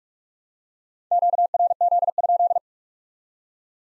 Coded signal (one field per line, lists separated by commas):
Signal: Morse code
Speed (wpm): 40 wpm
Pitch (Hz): 700 Hz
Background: none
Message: QRZ?